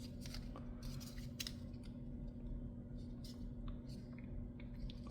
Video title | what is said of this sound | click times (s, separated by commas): Easy Freight Car Kits | snap in place. | 1.4 s, 1.5 s